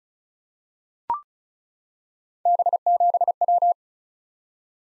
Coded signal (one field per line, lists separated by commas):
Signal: Morse code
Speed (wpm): 36 wpm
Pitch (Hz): 700 Hz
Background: none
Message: B7W